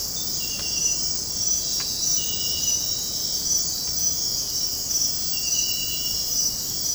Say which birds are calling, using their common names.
none